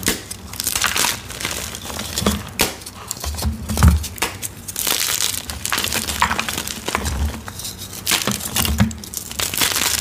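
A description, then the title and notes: Gym chalk mixed with baby oil is crushed and worked, giving a dense, continuous crinkling and crumbling texture. Sharp crackles and brief thumps come irregularly throughout the ten seconds, several per second, with a low dull pressing sound underneath and louder bursts near four seconds. Baby Oil Gym Chalk Crushing Compilation.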